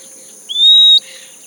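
Bird call: one pure, slightly rising whistle lasting about half a second, then a brief burst of softer rustle, with a steady high drone throughout.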